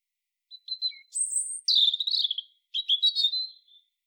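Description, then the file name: European robin song with a soft introductory note, a high sustained whistle, then liquid descending trills and a second warbled burst. "Erithacus rubecula"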